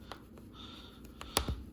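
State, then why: Seated. Plastic floor mat retaining clip halves are pressed together through a car floor mat, with faint taps before sharp clicks at 1.2 s and 1.4 s as the clip seats in place. The second click is the loudest and is followed by a low thud.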